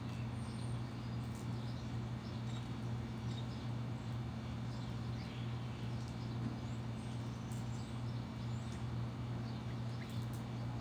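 Birds chirp in short, scattered calls over a neighborhood backyard, with thin bright notes popping up every second or so. Beneath them runs a steady low hum, like traffic or machinery, holding unchanged for the whole clip.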